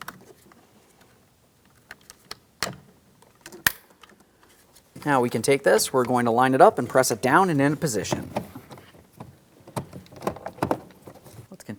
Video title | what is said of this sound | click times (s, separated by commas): How to Replace Front Power Window Motor & Regulator Assemblies 2007-2014 GMC Sierra 2500 HD | Just line them up, press them in, and listen for a click. | 3.7 s